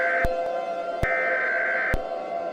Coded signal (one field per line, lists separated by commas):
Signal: Emergency Alert System (SAME) tones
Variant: header bursts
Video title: EAS Scenario | Instant Impact Remastered